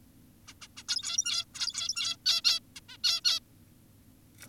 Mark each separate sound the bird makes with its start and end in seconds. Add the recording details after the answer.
0.48-0.54, 0.62-0.68, 0.77-0.83, 0.88-1.45, 1.54-2.17, 2.26-2.42, 2.44-2.60, 2.76-2.80, 2.89-2.97, 3.04-3.21, 3.25-3.40. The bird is an adult. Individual g17y2U